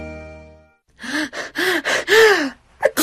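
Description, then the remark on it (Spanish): After a low steady hum fades out, a person draws several rising, gasping breaths in quick succession, then lets out a short, sharp sneeze at the end, in a Corega denture adhesive advertisement. “Estornudar con miedo a que se salga tu prótesis dental no es el principal problema de una prótesis sin adhesivo.”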